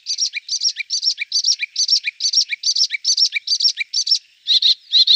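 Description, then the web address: Melodious warbler song: a steady series of identical chattering phrases, then a short pause and a couple of slightly different chirping notes. "Schulze Peter Melodious Warbler song"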